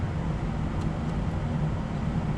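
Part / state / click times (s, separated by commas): capacitor into circuit board holes / not seated / none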